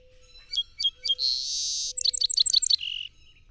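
Song sparrow song: three sharp introductory notes, a long bright buzz, then a rapid run of clipped notes ending in a short lower trill.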